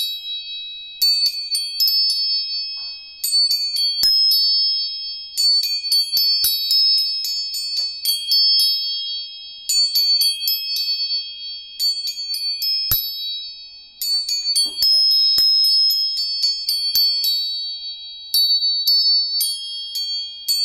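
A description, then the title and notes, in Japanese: Tuning forks are struck again and again in quick bursts, each cluster of bright, high metallic pings ringing out over steady sustained tones. Groups of strikes arrive every couple of seconds with short gaps between, and faint low taps and knocks sit underneath. 音叉チューニング。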